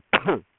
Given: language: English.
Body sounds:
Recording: throat vibration sensor signal played as sound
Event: cough

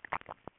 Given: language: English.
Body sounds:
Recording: throat vibration sensor signal played as sound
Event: swallow

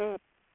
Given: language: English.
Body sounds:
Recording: throat vibration sensor signal played as sound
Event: speech

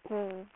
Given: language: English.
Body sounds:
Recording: throat vibration sensor signal played as sound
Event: speech

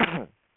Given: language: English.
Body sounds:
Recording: throat vibration sensor signal played as sound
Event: cough

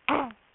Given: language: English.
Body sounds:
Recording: throat vibration sensor signal played as sound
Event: throat clearing

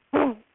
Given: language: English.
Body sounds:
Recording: throat vibration sensor signal played as sound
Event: throat clearing

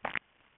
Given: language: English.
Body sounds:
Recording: throat vibration sensor signal played as sound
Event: swallow

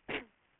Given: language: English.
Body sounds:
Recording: throat vibration sensor signal played as sound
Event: cough

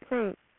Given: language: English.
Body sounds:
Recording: throat vibration sensor signal played as sound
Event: speech

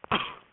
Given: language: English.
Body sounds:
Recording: throat vibration sensor signal played as sound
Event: cough

